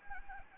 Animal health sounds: mosquito wingbeat signal from an infrared sensor; Anopheles gambiae

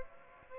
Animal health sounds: mosquito wingbeat signal from an infrared sensor; Aedes aegypti

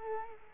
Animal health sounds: mosquito wingbeat signal from an infrared sensor; Culex quinquefasciatus

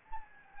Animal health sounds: mosquito wingbeat signal from an infrared sensor; Anopheles gambiae

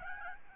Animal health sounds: mosquito wingbeat signal from an infrared sensor; Aedes albopictus

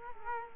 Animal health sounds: mosquito wingbeat signal from an infrared sensor; Culex quinquefasciatus

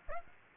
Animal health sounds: mosquito wingbeat signal from an infrared sensor; Aedes aegypti

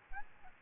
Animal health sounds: mosquito wingbeat signal from an infrared sensor; Aedes albopictus

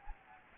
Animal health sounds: mosquito wingbeat signal from an infrared sensor; Anopheles gambiae

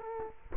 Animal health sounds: mosquito wingbeat signal from an infrared sensor; Culex quinquefasciatus

